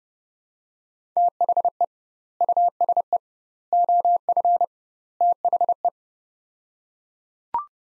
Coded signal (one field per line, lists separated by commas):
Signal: Morse code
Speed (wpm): 30 wpm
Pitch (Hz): 700 Hz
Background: none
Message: THE USE OF THE